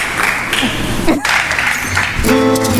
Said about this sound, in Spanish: Ojo con los aplausos.